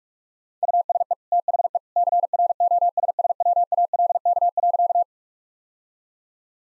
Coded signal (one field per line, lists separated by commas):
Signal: Morse code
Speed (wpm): 46 wpm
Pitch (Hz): 700 Hz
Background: none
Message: USE THE CROSSWALK.